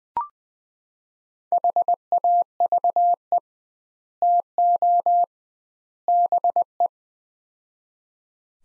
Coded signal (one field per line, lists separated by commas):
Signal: Morse code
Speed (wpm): 20 wpm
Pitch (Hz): 700 Hz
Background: none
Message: HAVE TO BE